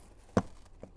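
A front 3D Kagu all-weather floor liner in a Fisker Ocean is positioned with its eyelet over the vehicle's floor retention clip and pressed down. It snaps into place with one sharp click at 0.4 s, followed by a few fainter ticks around 0.7, 0.8 and 1.0 s. The liner is seated on the clip.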